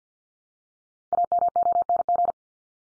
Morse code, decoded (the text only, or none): AMONG